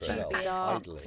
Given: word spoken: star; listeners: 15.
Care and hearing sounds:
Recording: one English word in noise, from a listening test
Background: four-talker babble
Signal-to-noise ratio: -2.1 dB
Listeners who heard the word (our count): 0 of 15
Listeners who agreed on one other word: 7 of 15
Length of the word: 0.67 s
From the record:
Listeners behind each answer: 7, 3, 1, 1, 1, 1, 1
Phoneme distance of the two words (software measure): 49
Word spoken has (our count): 1 syllable, 3 phonemes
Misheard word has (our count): 2 syllables, 6 phonemes, stress on syllable 1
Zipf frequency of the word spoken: 5.04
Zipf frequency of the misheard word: 3.43

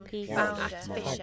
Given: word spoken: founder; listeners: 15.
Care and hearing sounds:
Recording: one English word in noise, from a listening test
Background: four-talker babble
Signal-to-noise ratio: -0.2 dB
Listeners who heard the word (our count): 3 of 15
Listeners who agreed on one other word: 7 of 15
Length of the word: 0.83 s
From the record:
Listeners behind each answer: 7, 3, 3, 1, 1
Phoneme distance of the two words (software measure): 44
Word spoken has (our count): 2 syllables, 5 phonemes, stress on syllable 1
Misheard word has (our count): 1 syllable, 3 phonemes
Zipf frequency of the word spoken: 3.82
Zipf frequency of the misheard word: 4.74

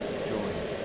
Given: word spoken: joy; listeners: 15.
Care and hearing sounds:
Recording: one English word in noise, from a listening test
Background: speech-shaped noise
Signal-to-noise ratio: -4.3 dB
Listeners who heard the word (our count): 1 of 15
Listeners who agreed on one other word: 13 of 15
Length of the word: 0.45 s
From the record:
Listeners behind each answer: 13, 1, 1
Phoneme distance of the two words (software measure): 7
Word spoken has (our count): 1 syllable, 2 phonemes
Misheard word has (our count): 1 syllable, 3 phonemes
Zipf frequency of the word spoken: 4.53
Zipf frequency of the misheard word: 5.10

